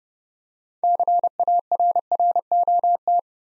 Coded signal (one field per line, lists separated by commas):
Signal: Morse code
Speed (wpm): 30 wpm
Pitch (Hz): 700 Hz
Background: none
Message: CARROT